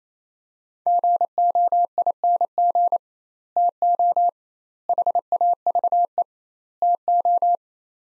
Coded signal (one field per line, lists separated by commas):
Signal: Morse code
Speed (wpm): 28 wpm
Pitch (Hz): 700 Hz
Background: none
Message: GOING TO HAVE TO